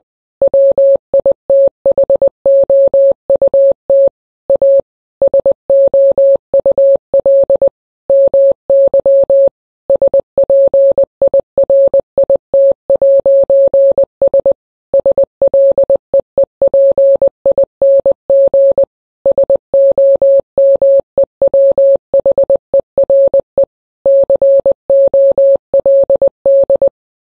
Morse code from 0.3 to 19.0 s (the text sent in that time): WITHOUT A SOUL MY SPIRIT'S SLEEPING